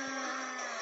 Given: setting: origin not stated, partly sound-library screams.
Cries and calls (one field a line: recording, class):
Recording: one-second piece from a danger detection set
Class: woman in danger